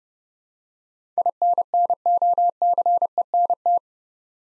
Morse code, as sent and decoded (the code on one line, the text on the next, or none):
.. -. -. --- -.-. . -. -
INNOCENT